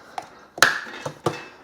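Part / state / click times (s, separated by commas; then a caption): plastic terminal cap onto battery terminal / seated / 0.6 s. A second plastic cap is snapped onto the other terminal of a Weize 51.2V server rack battery to keep debris off it. A light tap at 0.2 s is followed by the loud, sharp click of the cap seating at 0.6 s, then two softer taps around 1.1 s and 1.3 s. The cap is seated.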